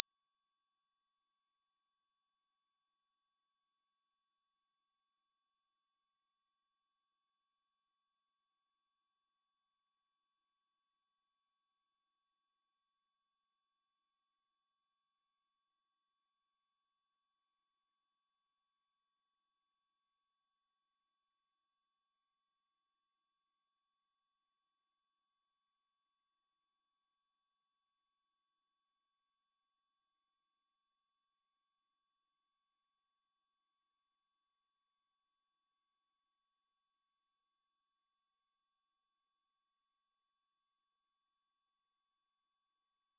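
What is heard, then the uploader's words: A pure sine tone at 5725 Hz holds unbroken for the full length, high and piercing with no wavering in pitch. The level stays perfectly even from start to finish, with nothing else audible around it. 5725 Hz 1 Hz Interval Sine Pure Tone Frequency 441000 Sample Mono.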